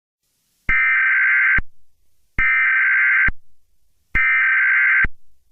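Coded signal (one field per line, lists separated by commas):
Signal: Emergency Alert System (SAME) tones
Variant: header bursts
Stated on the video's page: Fictional EAS scenario alert: a simulated Minecraft attack, not a real activation.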